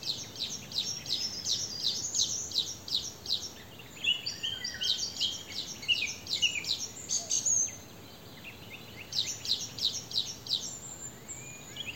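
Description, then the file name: Eurasian wren song: long, loud, rapid high trills and ringing notes in bursts, pausing near eight seconds before resuming, over faint steady background noise. "Troglodytes troglodytes"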